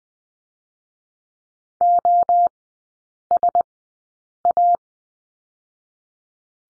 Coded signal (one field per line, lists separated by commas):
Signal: Morse code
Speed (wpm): 19 wpm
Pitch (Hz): 700 Hz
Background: none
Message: O S A